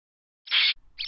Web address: grey squirrel distress